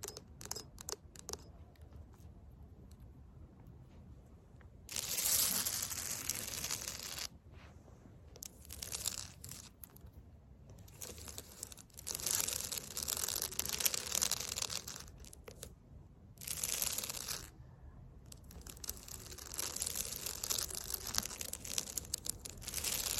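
Fake nails scratch concrete in bursts of bright, gritty rasping, loud strokes around 5, 11–14 and 16 seconds, with quieter scraping between.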